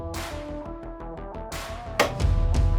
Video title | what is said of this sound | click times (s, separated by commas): The Ascent Installation Walkthrough | All you have to do is put them in place and rock it forward till it snaps. | 2.0 s